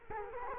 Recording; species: mosquito wingbeat signal from an infrared sensor; Culex quinquefasciatus